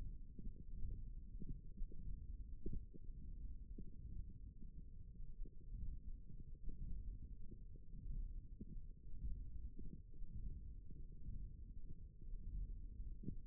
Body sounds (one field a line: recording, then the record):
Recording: forearm muscle sounds (acoustic myography)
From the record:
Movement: hand closing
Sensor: system 1, eight BSWA MPA416 microphones around the upper forearm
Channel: 1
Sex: female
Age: 22 years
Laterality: right